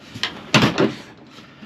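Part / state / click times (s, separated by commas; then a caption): swing latch on a truck bed storage box / seated / 0.6 s. A swinging latch piece on a Vevor storage box installed in the bed of a 2020 Chevy Silverado is pivoted back and snapped into place. After a small knock at 0.2 s, a sharp snap at 0.6 s is followed by a lighter rattle. The latch locks shut.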